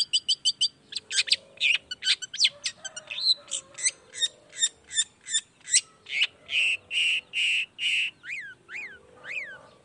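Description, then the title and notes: Long-tailed shrike song: varied rapid chatter and harsh notes building into a steady series of loud rasping notes, closing with a few arched whistles. Lively singing in the morning with 'toet toet' song variations, meant to stimulate reluctant, silent shrikes into singing along quickly. "Cendet Gacor Dor Di Kala Pagi Toet Toet Variasi Suara J. Cendet Gacor Di Pagi Hari Rangsangan Emosi Cendet Malas Bunyi Supaya Secepatnya Ikutan Bunyi. Burung cendet"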